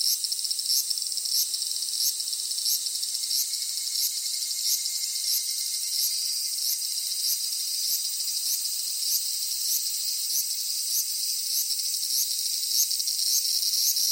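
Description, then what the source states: Cicada song: steady, very high shrill buzz marked by sharp repeated pulses throughout. Cicadas from Japan; song described as very different from French cicadas, electronic-sounding, somewhat like a smoke alarm.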